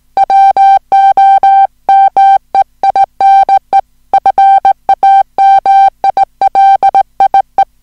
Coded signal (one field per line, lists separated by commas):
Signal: Morse code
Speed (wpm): 18 wpm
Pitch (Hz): 780 Hz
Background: music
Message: WO MEINE FAMILIE